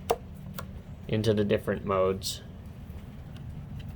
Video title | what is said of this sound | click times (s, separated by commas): Weed wacker fuel tank replacement | know no you have it right when you can kind of hear it it'll click into | 0.1 s, 0.6 s